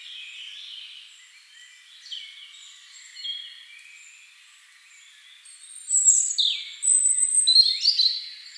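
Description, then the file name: European robin singing, with faint high notes at first, then a louder burst of sharp, high whistles and twittering trills in the final seconds. "Erithacus rubecula"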